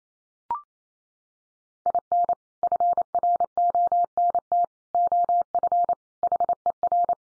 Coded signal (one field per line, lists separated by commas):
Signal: Morse code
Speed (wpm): 28 wpm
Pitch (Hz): 700 Hz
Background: none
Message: IN FRONT OF HER